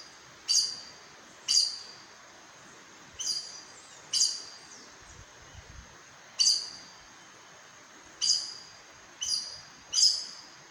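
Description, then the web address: Aracari giving a series of piercing high squeaky notes at uneven gaps, each note bright and clipped, against a quiet hissing background. "sound Aracari. صدای-پرنده-پرزبان"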